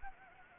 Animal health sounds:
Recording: mosquito wingbeat signal from an infrared sensor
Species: Anopheles gambiae

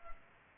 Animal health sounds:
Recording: mosquito wingbeat signal from an infrared sensor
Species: Aedes aegypti

